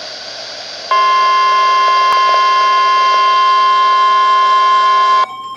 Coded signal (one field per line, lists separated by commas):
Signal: Emergency Alert System (SAME) tones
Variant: 1050 Hz attention tone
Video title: Severe Thunderstorm Warning (EAS #1365-1366)